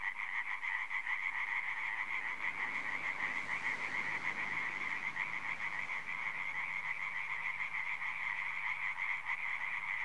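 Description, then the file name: European tree frog chorus: many harsh, quick-pulsed calls merging into a continuous throbbing rattle without pause. Recorded at Puycheny, Saint-Hilaire-les-Places, France, in 2016. "Hyla-arborea Puycheny St-Hilaire-les-places Gaëlle-CAUBLOT"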